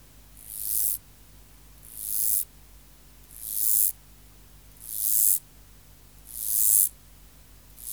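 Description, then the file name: Mottled grasshopper song with regular high-pitched hissing buzzes that build in loudness and cut off sharply, five in a row about every one and a half seconds. Subspecies hispanicus. "Myrmeleotettix maculatus hispanicus"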